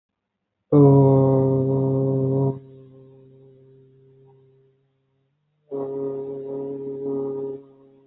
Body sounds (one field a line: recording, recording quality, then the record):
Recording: sustained vowel as in boot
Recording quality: excellent, no background noise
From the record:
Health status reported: healthy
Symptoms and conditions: none ticked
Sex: male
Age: 30 years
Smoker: not ticked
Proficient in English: yes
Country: India